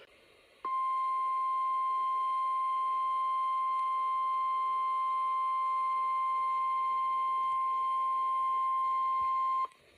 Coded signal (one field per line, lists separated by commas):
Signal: Emergency Alert System (SAME) tones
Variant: 1050 Hz attention tone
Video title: Convective Handful 6: Final Alerts of 2024 - EAS Alerts from 12/31/24 || EAS 1,561-1,567